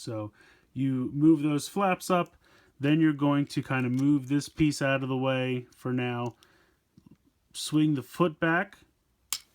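Someone talks while swinging the plastic foot section of a transforming train robot toy back into its leg, and a single sharp click is heard at 9.3 s as the foot joint clicks into its detent and seats in place.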